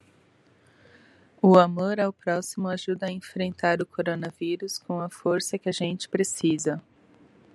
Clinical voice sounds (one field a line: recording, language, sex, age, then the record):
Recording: spoken sentence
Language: Brazilian Portuguese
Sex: female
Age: 30 to 39 years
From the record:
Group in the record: control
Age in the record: 37 years